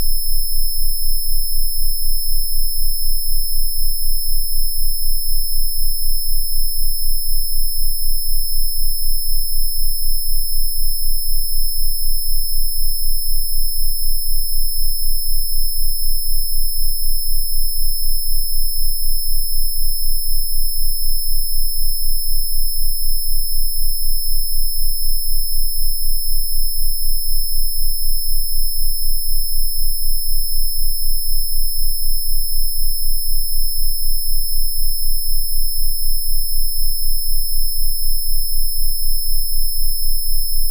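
Steady, unchanging sine tones: piercing high whines near 15000Hz and 19000Hz over a deep low rumble at 15Hz and 19Hz, constant throughout.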